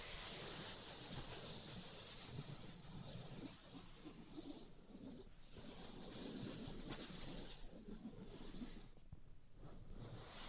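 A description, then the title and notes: Continuous scratching and tracing fill the whole stretch, a dense, grainy rustle with a rumbling low body and a thin hiss on top. The texture swells and eases slightly over time, with a few sharp taps standing out around five, seven and nine seconds. Tapping, Scratching, and Tracing Sounds.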